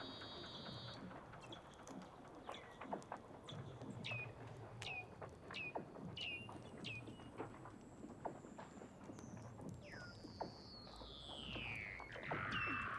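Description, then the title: Weddell seal underwater calls: a busy chorus of quick descending chirps, then a long whistle sliding steadily down in pitch, over a crackling background. "Douglas Quin - Weddell Seals (Underwater)"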